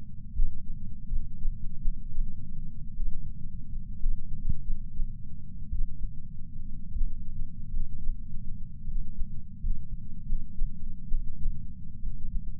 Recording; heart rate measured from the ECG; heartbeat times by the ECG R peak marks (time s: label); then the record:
heart sounds by patch sensor on the chest; 67 bpm
0.30 s: heartbeat
1.06 s: heartbeat
1.79 s: heartbeat
2.93 s: heartbeat
3.95 s: heartbeat
4.59 s: heartbeat
5.67 s: heartbeat
6.89 s: heartbeat
7.67 s: heartbeat
8.85 s: heartbeat
9.57 s: heartbeat
10.23 s: heartbeat
11.05 s: heartbeat
11.99 s: heartbeat
From the record:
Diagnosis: coronary artery disease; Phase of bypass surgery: postoperative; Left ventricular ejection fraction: 41.5%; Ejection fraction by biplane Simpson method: 34.6%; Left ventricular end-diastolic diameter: 67 mm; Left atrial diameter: 53 mm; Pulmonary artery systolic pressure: 24 mmHg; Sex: male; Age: 61 years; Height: 174 cm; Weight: 80 kg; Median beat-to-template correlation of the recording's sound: 0.54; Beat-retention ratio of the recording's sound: 0.99